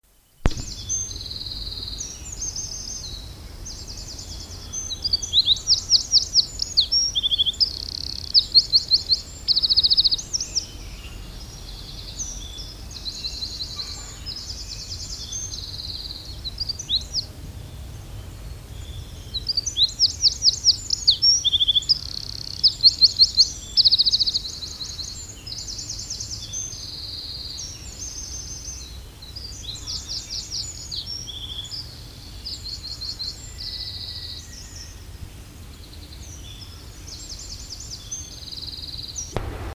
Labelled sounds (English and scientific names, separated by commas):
Eurasian Wren (Troglodytes troglodytes) song